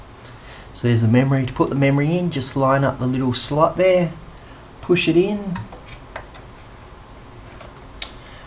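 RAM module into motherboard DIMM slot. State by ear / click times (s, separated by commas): seated / 6.2 s, 8.0 s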